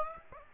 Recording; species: mosquito wingbeat signal from an infrared sensor; Aedes aegypti